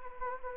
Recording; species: mosquito wingbeat signal from an infrared sensor; Anopheles gambiae